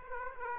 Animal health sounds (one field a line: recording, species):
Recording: mosquito wingbeat signal from an infrared sensor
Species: Aedes aegypti